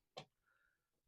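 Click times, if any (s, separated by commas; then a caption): 0.2 s. A model railway point servo is rotated and pushed into a custom-designed plastic mount under the baseboard. One sharp click sounds at 0.2 s, followed by a faint higher tone, and the servo is seated in its mount.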